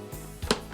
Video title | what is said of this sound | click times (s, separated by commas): Replacing the seat or lid on a Clean Sense Bidet by Clear Water Bidets | take the ribbon wire connect that till it clicks | 0.5 s